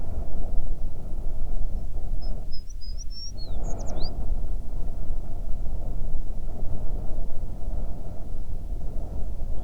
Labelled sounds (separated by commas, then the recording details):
songbird, wind
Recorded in the Prudhoe Bay oil fields, Alaska, on 9 June 2019 at 16:21
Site 21